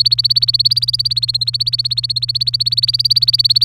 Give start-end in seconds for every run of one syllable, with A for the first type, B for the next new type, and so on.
0.05-3.65 A